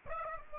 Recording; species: mosquito wingbeat signal from an infrared sensor; Aedes aegypti